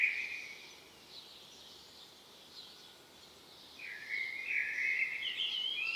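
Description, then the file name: Common blackbird: a brief low whistled note, a quiet stretch with faint high scratchy sounds, then a longer rich fluting phrase with a squeaky finish. "Turdus merula"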